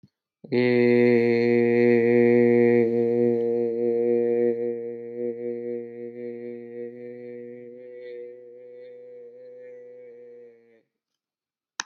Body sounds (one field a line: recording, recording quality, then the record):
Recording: sustained vowel as in made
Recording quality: excellent, no background noise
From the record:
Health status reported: exposed to COVID-19, no respiratory illness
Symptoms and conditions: none ticked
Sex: male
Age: 41 years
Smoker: not ticked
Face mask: not worn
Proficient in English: yes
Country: United States